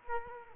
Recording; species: mosquito wingbeat signal from an infrared sensor; Culex quinquefasciatus